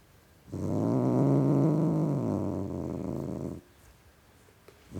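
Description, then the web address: Cat growling, a low rumbling growl held steadily for about three seconds, then stopping, with a brief sound starting again at the end. Tom cat growling. "The BBC Sound Effects Library. Tom Cat Growling"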